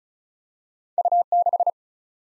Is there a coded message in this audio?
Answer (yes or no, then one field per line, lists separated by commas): yes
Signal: Morse code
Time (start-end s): 1.0-1.7 s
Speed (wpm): 36 wpm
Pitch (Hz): 700 Hz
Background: none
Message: U6